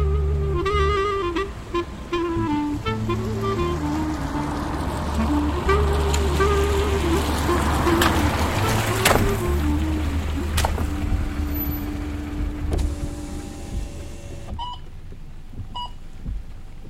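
A car drives along, heard from inside, with a steady low engine rumble throughout. Short electronic beeps and a few horn-like toots sound over it, and the rumble eases slightly near the end.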